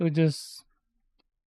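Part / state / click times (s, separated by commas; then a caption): plastic model kit part into its mating part / seated / 1.2 s. Someone talks briefly, then a plastic part from an RG Tallgeese (TV Ver.) model kit is slid into its mating part. It snaps home with a single faint, sharp click at 1.2 s and is seated.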